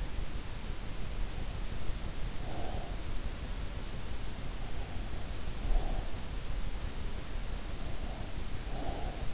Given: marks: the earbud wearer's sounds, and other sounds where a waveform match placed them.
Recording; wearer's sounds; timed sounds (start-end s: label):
sounds in sleep by an in-ear microphone; breath
2.28-3.14 s: breath
5.49-6.42 s: breath
8.02-9.34 s: breath